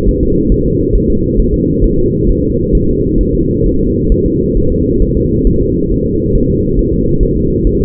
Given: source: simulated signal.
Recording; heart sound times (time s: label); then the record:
fetal heart sounds
0.09 s: S1
0.23 s: S2
0.52 s: S1
0.66 s: S2
0.95 s: S1
1.10 s: S2
1.40 s: S1
1.54 s: S2
1.84 s: S1
1.99 s: S2
2.29 s: S1
2.44 s: S2
2.75 s: S1
2.89 s: S2
3.21 s: S1
3.35 s: S2
3.66 s: S1
3.81 s: S2
4.12 s: S1
4.26 s: S2
4.57 s: S1
4.72 s: S2
5.02 s: S1
5.17 s: S2
5.47 s: S1
5.61 s: S2
5.91 s: S1
6.06 s: S2
6.35 s: S1
6.50 s: S2
6.79 s: S1
6.93 s: S2
7.23 s: S1
7.37 s: S2
7.67 s: S1
7.81 s: S2
From the record:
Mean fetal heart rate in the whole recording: 135 bpm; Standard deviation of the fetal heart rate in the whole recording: 3 bpm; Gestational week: 36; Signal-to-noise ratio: -15.3 dB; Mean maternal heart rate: 72 bpm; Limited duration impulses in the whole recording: present